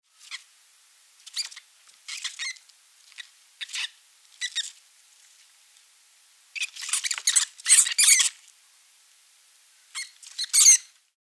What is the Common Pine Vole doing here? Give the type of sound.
defence call